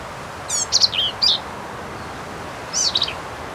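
Black-capped vireo song: two short bursts of high, harsh, chattering notes and slurred whistles, separated by a pause.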